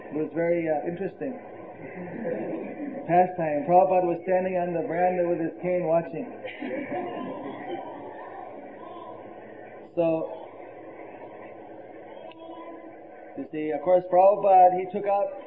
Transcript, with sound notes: it was very interesting pastime, Prabhupada was standing on the verandah where they came watching. (laughter) So you see, of course Prabhupada he took up